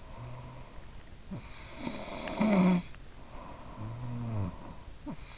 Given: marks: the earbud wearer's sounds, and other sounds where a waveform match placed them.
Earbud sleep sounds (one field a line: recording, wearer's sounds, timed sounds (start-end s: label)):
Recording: sounds in sleep by an in-ear microphone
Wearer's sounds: snoring breath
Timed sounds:
1.21-4.87 s: snoring breath